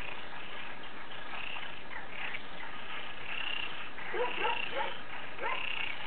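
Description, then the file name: Frogs calling in a loose chorus: irregular bursts of croaking notes, growing busier toward the end. "froesche"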